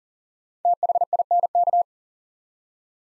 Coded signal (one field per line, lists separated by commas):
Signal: Morse code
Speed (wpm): 38 wpm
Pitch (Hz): 700 Hz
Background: none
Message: THINK